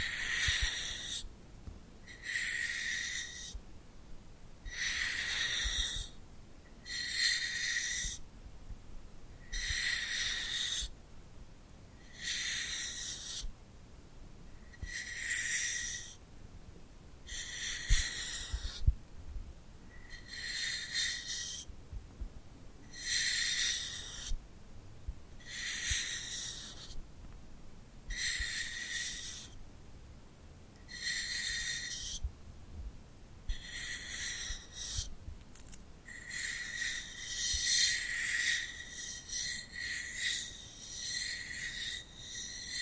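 Sticky glued hands peel apart in steady, regular bursts of bright, crackly tingle, repeating about once a second with brief quiet between.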